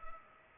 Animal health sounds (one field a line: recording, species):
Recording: mosquito wingbeat signal from an infrared sensor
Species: Culex pipiens